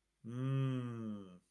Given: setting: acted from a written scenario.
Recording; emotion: vocal sound without words; pride